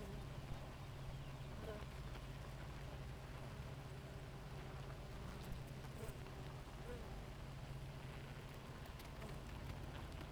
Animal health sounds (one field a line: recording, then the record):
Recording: honeybee colony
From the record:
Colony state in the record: active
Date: 28 July 2017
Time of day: 4:10